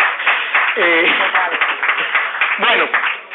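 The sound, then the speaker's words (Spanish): Thin, scattered clapping from a handful of people at a speech in Guayaquil, steady for a few seconds, with a couple of brief vocal calls rising over the applause. “Pocos que aplauden, pocos.”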